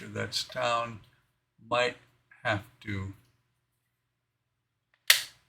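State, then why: Seated. Someone talks while pressing a plastic piece with locating pins against the leg of a Fanhome 1:3 scale Robocop partwork figure (part 27). At 5.1 s the piece snaps home with a sharp pop. It seats firmly against the leg without the glue that was thought to be needed.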